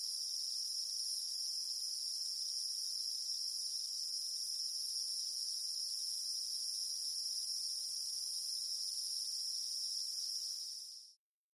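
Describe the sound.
Cicada chorus: a level, hissing high-pitched drone that stops abruptly near the end, leaving silence.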